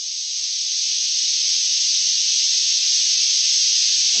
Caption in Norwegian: Ble utsatt for tinnitusstøy. Det er sånn som du bruker til med for å kurere tinnitus også. Ja, så du kan maskere, for dette er en hvit støy.